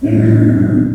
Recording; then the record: squeal of a Yucatan mini pig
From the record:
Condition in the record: after surgery on the right vocal fold (resection and tissue-engineered implant); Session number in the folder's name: 4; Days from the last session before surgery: 26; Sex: female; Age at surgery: 19 weeks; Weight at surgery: 25 kg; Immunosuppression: prednisolone